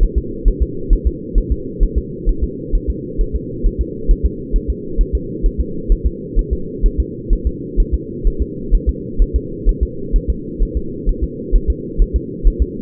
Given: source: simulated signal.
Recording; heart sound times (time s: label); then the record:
fetal heart sounds
0.03 s: S1
0.18 s: S2
0.48 s: S1
0.62 s: S2
0.93 s: S1
1.07 s: S2
1.38 s: S1
1.52 s: S2
1.83 s: S1
1.98 s: S2
2.29 s: S1
2.44 s: S2
2.75 s: S1
2.90 s: S2
3.21 s: S1
3.35 s: S2
3.67 s: S1
3.81 s: S2
4.11 s: S1
4.26 s: S2
4.56 s: S1
4.70 s: S2
5.01 s: S1
5.15 s: S2
5.46 s: S1
5.60 s: S2
5.92 s: S1
6.07 s: S2
6.39 s: S1
6.53 s: S2
6.86 s: S1
7.00 s: S2
7.33 s: S1
7.47 s: S2
7.80 s: S1
7.94 s: S2
8.27 s: S1
8.42 s: S2
8.75 s: S1
8.89 s: S2
9.22 s: S1
9.36 s: S2
9.69 s: S1
9.83 s: S2
10.16 s: S1
10.30 s: S2
10.63 s: S1
10.77 s: S2
11.09 s: S1
11.23 s: S2
11.56 s: S1
11.70 s: S2
12.02 s: S1
12.16 s: S2
12.47 s: S1
12.62 s: S2
From the record:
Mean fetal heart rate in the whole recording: 130 bpm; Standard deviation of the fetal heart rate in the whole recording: 4 bpm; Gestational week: 38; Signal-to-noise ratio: -4.3 dB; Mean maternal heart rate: 72 bpm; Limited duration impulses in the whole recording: absent